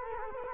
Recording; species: mosquito wingbeat signal from an infrared sensor; Culex quinquefasciatus